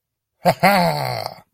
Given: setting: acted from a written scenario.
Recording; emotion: vocal sound without words; triumph